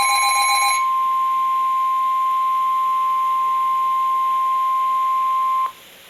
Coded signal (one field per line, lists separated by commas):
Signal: Emergency Alert System (SAME) tones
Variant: 1050 Hz attention tone